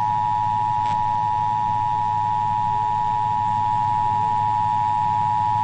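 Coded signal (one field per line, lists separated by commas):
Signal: Emergency Alert System (SAME) tones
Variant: 853 and 960 Hz attention tone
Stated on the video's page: EAS test recorded as an MP3 from a Salt Lake City AM radio broadcast.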